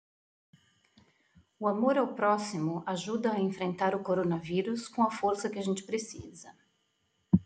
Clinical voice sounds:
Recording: spoken sentence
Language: Brazilian Portuguese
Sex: female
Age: 50 to 59 years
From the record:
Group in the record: control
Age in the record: 52 years

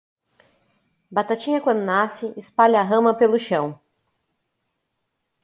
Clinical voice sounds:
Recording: short text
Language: Brazilian Portuguese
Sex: female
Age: 30 to 39 years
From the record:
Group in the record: control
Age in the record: 38 years

